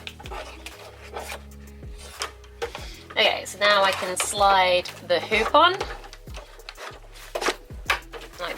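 An embroidery hoop is slid onto the embroidery unit arm of a Pfaff Creative Icon sewing machine and pushed until it clicks into place at 7.9 s. Someone talks while music plays in the background, and short knocks and scrapes of handling are heard throughout. The hoop ends up seated on the arm.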